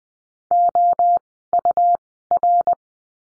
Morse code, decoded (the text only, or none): OUR